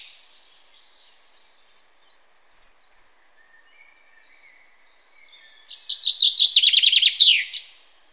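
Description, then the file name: Common chaffinch song, a loud rapid series of descending notes ending in a sharp downward flourish. "Fringilla coelebs"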